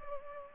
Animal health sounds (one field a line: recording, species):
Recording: mosquito wingbeat signal from an infrared sensor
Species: Culex pipiens